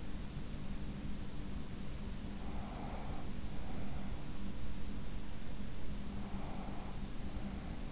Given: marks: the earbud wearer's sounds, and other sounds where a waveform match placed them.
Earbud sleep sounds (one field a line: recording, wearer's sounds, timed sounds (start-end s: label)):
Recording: sounds in sleep by an in-ear microphone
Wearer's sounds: breath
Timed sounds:
2.64-4.35 s: breath
6.27-7.92 s: breath